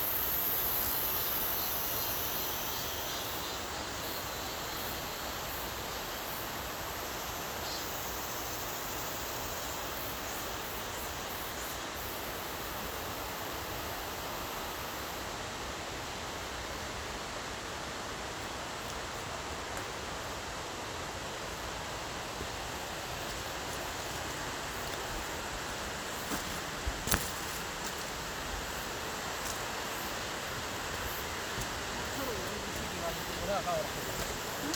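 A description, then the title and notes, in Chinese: A waterfall roars steadily and densely, a constant full rush of falling water that barely changes across the whole recording. The sound sits wide, with a brighter hiss on top. Around 27 seconds a brief sharp knock cuts through. 韩国密阳市Pyochoonsa寺附近的Cheong Cheong瀑布。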